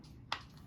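A metal jar lid, slightly too big for the jar ring band, is pushed into the ring all the way around so that it bends. One sharp, bright snap sounds at 0.3 s against quiet low background noise. The snap means the lid is seated in place in the ring.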